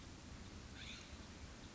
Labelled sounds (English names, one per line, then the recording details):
California Scrub-Jay
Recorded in Sonoma County, California